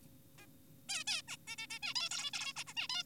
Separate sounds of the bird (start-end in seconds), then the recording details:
0.38-0.46, 0.89-1.04, 1.07-1.22, 1.28-1.37, 1.48-1.56, 1.58-1.67, 1.70-1.79, 1.83-1.94, 1.96-2.10, 2.11-2.31, 2.34-2.53, 2.56-2.64, 2.67-2.73, 2.77-2.88, 2.90-3.03. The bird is an adult. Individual g4p5U